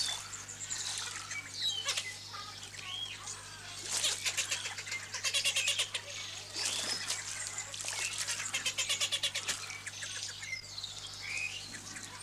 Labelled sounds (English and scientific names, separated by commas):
Blue-billed Teal (Anas hottentota) aggressive call